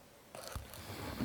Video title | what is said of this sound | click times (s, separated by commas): Nokia 3.4 : How to Insert SIM & MicroSD Memory Card | It locks in place, and | 0.5 s, 0.6 s